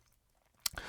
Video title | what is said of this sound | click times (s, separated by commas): Watchdives WD1680 (Submariner Date Homage) 4K Watch Review | and it snaps shut with a nice positive click. | 0.7 s